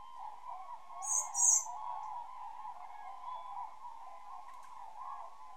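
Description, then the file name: Common blackbird uttering two brief, high-pitched, thin seee calls in quick succession early on, with a steady droning noise throughout. "Turdus merula"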